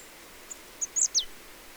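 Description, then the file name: Marsh tit call: a couple of tiny high ticks leading into two sharp, quickly descending chips, over a quiet hissing background. "Poecile palustris"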